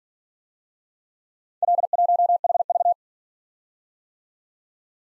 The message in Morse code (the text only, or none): L1HV